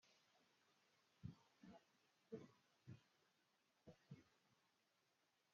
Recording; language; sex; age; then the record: short text; Brazilian Portuguese; female; 40 to 49 years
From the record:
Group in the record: control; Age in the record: 44 years